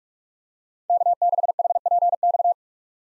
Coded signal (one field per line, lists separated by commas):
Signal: Morse code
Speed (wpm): 47 wpm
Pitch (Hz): 700 Hz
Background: none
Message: K6HPX